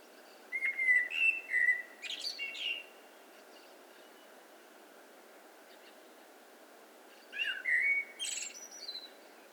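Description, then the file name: Common blackbird song: clear fluty whistles sliding between pitches, finished by a high thin twitter, repeated after a pause of several seconds. "Turdus merula"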